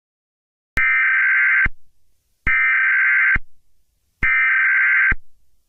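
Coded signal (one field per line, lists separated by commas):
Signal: Emergency Alert System (SAME) tones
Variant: header bursts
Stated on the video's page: Joke mock of EAS alarms, not a real broadcast.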